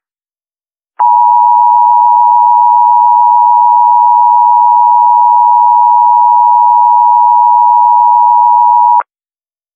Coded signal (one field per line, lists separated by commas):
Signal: Emergency Alert System (SAME) tones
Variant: 853 and 960 Hz attention tone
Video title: EAS Scenario - Earth Moving to a Galaxy Collision REMASTERED